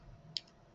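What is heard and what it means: An electronic key, its flat side lined up with the flat side of an electronic cylinder lock, is plugged into the lock against a low background hum. A sharp, bright click at 0.4 s shows the lock releasing, followed by a much fainter tick at 0.5 s. The key can then be turned to open.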